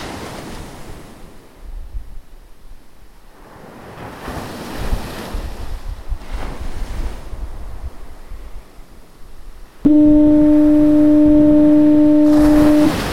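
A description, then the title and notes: Atlantic waves wash onto a sandy beach in slow, soft surges, swelling roughly every two to three seconds over a low rumble. Near the ten-second mark a loud, steady foghorn blast cuts in and holds its low droning tone to the end. Lighthouses Voices: Ireland - Dun Laoghaire East Pier Lighthouse. Background sound "Atlantic waves at sandy beach , ondas do mar na praia, Wellen am Strand" by Panamatom. Generated sound of Dun Laoghaire East Pier foghorn in Audacity.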